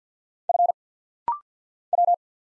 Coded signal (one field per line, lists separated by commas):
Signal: Morse code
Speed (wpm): 48 wpm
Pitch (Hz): 700 Hz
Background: none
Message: F W